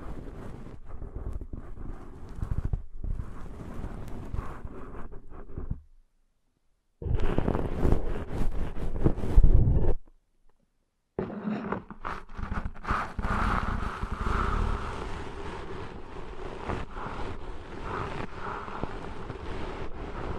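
Ear cleaning sounds: dense scratching, rubbing and crackling, mostly low with brighter scraping above. The rubbing runs in bursts, breaking into silence around 6 and again around 10 seconds, with the loudest stretch just before the second gap.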